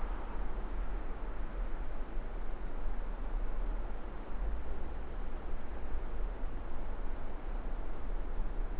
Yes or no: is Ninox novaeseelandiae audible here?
no